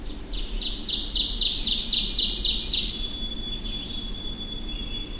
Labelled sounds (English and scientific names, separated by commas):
Ovenbird (Seiurus aurocapilla) song